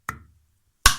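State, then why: Released. The relief knob on a water heater safety group valve is turned to open the valve for a flush. A sharp, knock-like click sounds at 0.1 s, followed by a louder, broader click at 0.9 s. The safety valve knob clicks open and the valve is released.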